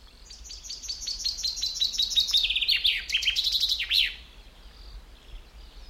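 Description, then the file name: Chaffinch song: a bright series of quick notes, then a faster rattling phrase ending in a sharp flourish, over a faint low hum. "Fringilla coelebs"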